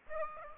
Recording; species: mosquito wingbeat signal from an infrared sensor; Aedes aegypti